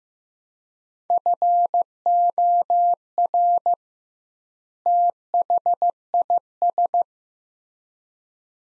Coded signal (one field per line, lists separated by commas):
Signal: Morse code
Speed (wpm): 15 wpm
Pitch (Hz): 700 Hz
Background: none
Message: FOR THIS